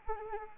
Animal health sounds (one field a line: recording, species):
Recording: mosquito wingbeat signal from an infrared sensor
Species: Anopheles arabiensis